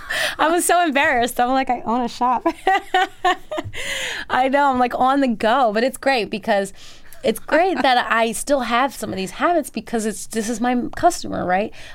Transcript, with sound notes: I was so embarrassed. I'm like, I own a shop (laughter). I know I'm, like, on the go. But it's great because it's great but I still have some of these habits because it's - this is my customer, right?